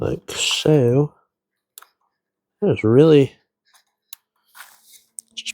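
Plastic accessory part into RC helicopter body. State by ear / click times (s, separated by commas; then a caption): seated / 5.2 s. A small plastic accessory is pushed into its socket on the body of a Yu Xiang F07 1/34 scale RC Huey helicopter model during unboxing, while someone talks. Faint small clicks and handling sounds follow, then a sharp click at 5.2 s as the part pops into place and is seated.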